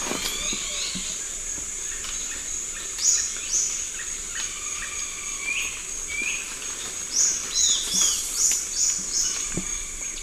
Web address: Natures Songs S America Eastern Lowlands. Epinecrophylla erythrura, songs 2 birds